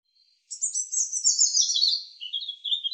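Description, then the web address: European robin song, a thin high warbling phrase of fast twittering notes that slowly descends in pitch, ending in lower wavering notes. "cianscape birddata Deverinetal 2025 Bird Er Ru"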